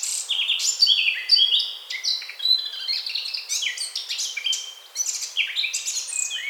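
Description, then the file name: Eurasian blackcap pouring out a steady stream of fast, twittering warbles, with a few clearer whistled notes mixed in. "Sylvia atricapilla"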